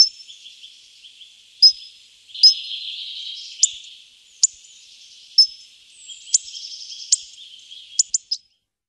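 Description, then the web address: Hawfinch sharp, high ticking notes, scattered and irregular, some clipped and metallic, with a faint thin buzzy trill in between; no other clear sounds. "Moduli frosone"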